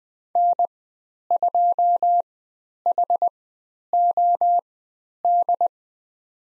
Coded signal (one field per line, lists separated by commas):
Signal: Morse code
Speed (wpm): 20 wpm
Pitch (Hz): 700 Hz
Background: none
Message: N2HOD